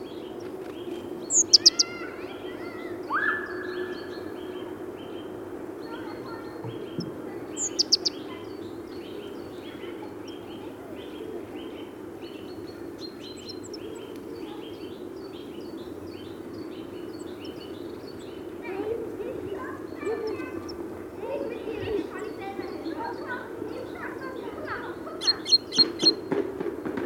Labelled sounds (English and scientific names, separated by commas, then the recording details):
Great Tit (Parus major)
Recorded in the wild
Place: Putbus, Insel Rügen, Mecklenburg-Vorpommern, DE
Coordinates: 54.354, 13.48
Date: 1980-02-21
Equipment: Nagra III BH, Sennheiser MD 21, parabola
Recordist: Schubert, Michael